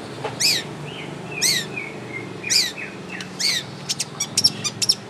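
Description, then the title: Long-tailed shrike song: a harsh downslurred chirp repeated roughly once a second, with thin whistles between, ending in quick clicking ticks. Champion singing bird. "Kicau Burung Cendet Juara"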